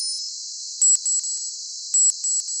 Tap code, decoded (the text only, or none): none